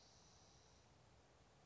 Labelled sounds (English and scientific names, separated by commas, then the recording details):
Spotted Towhee (Pipilo maculatus)
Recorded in Sonoma County, California